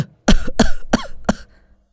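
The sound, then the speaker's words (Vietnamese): A man coughs four times in quick succession, each cough a harsh, raspy burst spaced fairly evenly, with no talking around them. “Đang nói, thầy lại ho tiếp, ngừng một lúc rồi tiếp tục.”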